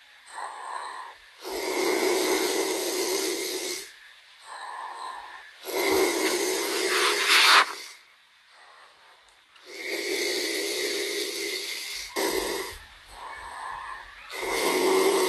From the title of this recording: Snoring ASMR